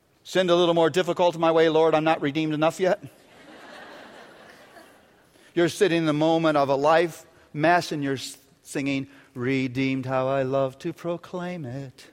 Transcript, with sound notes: "Send a little more difficulty my way, Lord. I'm not redeemed enough yet." (laughter) You're sitting in a moment of a life, in the middle of a mess, singing, "Redeemed, how I love to proclaim it.